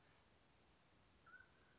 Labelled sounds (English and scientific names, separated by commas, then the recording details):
Mountain Quail (Oreortyx pictus)
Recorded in Sonoma County, California